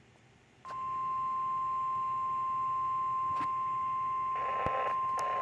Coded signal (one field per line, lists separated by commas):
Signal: Emergency Alert System (SAME) tones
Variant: 1050 Hz attention tone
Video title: EAS Alert #151. Severe Thunderstorm Watch.